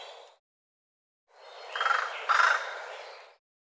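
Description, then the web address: Bird calls: two short, rasping notes about half a second apart, set against a soft hiss of background noise. "cianscape birddata Deverinetal"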